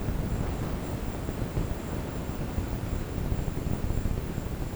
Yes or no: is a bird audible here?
no